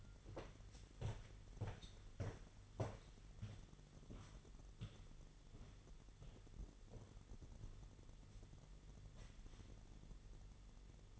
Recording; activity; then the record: daily activity, microphone in the room; walk to room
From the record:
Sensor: 4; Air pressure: 989.0 hPa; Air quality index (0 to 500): 204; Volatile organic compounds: 50 ppm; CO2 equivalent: 3295 ppm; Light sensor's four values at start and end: 29/97/36/38 and 29/99/37/39